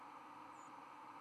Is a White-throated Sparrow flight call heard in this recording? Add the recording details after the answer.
yes. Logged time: 03:13 on 24 November 2014